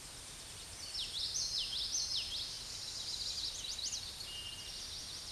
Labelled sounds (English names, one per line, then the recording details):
Common Yellowthroat song
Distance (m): 25 m
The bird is about 5 m above the microphone
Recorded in a Pennsylvania forest on 16 May 2024 at 08:02
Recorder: AudioMoth, point MSD-2304
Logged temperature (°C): 16.0 °C
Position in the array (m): 229 m, 180 m